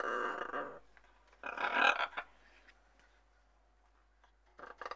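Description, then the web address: Macaw uttering two rough, nasal squawks about a second apart, followed by a long pause and a brief harsh outburst at the end. "KMP Film Video Sound Effects. Ara - Papegaai"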